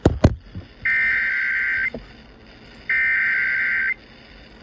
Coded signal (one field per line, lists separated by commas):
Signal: Emergency Alert System (SAME) tones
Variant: header bursts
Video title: SEVERE THUNDERSTORM WARNING (REAL EAS#3080)